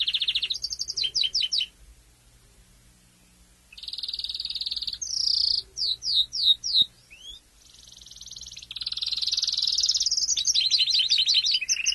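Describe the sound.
Domestic canary song in bursts: rapid high trills, a run of sharp falling notes and long buzzy rolls, separated by quiet pauses.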